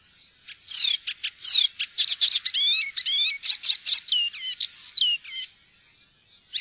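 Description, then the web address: Icterine warbler singing a rapid jumble of high whistles, downslurred notes and scratchy chirps in quick succession. "fuglelyder-1 gulsanger"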